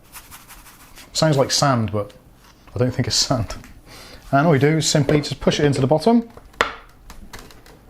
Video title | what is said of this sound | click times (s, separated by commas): Brita Marella Clean Filtered Water Straight From The Fridge | hear a click and it locks into place yeah | 6.6 s